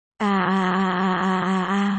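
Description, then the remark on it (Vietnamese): A man lets out a loud, sustained anguished cry of pain as one of his legs is bitten off by a flower, a strained harmonic-rich wail held steadily for nearly two seconds with slight wavering, no talking over it. “À, gã phát ra tiếng kêu thê thảm, một chân đã bị cắn đứt, máu chảy đầy đất, đám người còn lại gào thét chói tai.”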